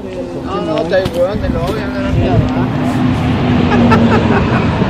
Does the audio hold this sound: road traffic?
yes